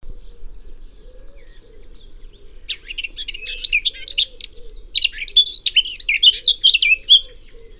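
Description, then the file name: Eurasian blackcap song: quiet opening, then from about three seconds a loud, rapid, varied warble of high chattering and fluting notes, with a faint steady low hum behind. "Sylvia atricapilla"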